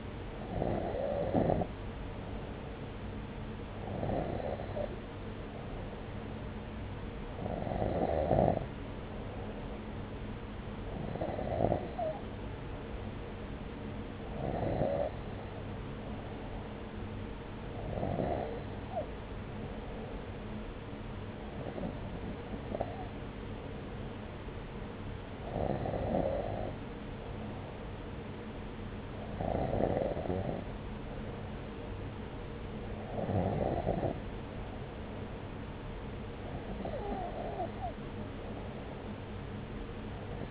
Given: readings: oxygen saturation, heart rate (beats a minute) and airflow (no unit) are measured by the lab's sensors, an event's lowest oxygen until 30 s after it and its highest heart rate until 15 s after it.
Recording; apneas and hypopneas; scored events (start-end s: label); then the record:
breathing in sleep by a voice recorder at the bedside; none
none scored
From the record:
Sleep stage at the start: N2 (light sleep); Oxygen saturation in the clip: 93 to 94%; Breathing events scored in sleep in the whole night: 303 in 8.1 hours asleep